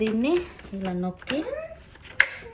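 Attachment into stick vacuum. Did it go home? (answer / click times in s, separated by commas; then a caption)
yes / 2.2 s. A plastic attachment is pressed onto a Dyson cordless stick vacuum while someone talks. A single sharp, loud click sounds at 2.2 s as the attachment clicks into place and locks.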